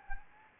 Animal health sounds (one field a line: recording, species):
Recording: mosquito wingbeat signal from an infrared sensor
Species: Anopheles gambiae